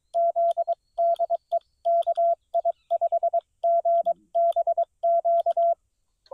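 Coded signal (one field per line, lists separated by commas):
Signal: Morse code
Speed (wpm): 22 wpm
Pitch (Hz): 680 Hz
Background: none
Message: Z DE KI5GBQ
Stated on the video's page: CW park activation on 20 meters in tough band conditions, Xiegu G90 at 20 watts into an end-fed half-wave antenna.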